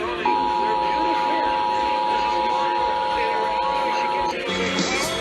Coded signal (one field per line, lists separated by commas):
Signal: Emergency Alert System (SAME) tones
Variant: 853 and 960 Hz attention tone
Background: speech, music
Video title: Los Angeles Required Monthly Tests (EAS #2648-2679) 9/29/20